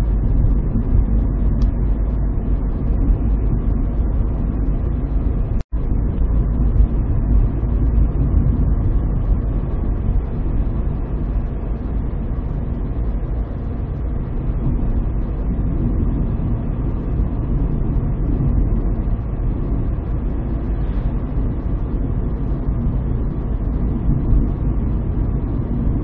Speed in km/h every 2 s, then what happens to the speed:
57, 58, 59, 61, 62, 63, 62, 62, 62, 61, 61, 61, 60.
0-9 speeds up to 63. 9-26 steady at about 61.